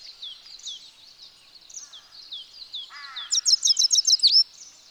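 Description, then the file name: European goldfinch twittering quietly, then a loud rapid string of sharp tinkling calls, with a brief lower descending note just before it. "Carduelis carduelis"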